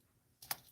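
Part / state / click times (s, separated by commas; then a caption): plastic bead storage part into its container / partly seated / 0.5 s. While beads are being sorted into storage, a plastic bead storage piece is pressed into its container. After a near-silent start, a soft contact comes at 0.4 s, followed by a sharp, bright click at 0.5 s. The piece does not fully click into place but sits close enough.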